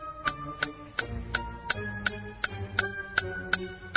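A steady, evenly spaced ticking, about eleven sharp clicks in four seconds, sounds over a low, sustained musical backdrop of held tones.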